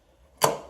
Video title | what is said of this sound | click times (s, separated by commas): Betz Wave horizon axis stabilizer from Betz Tools unboxing, review, uses and more Steadicam Handheld | it clicks it clicks back in now you know you're locked again that you're at the center | 0.4 s